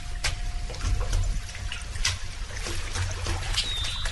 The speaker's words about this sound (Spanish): En medio de la pausa que han dejado los cañones, entre el repique de las gotas sobre el charco, se distingue el trino inconsciente de un pájaro.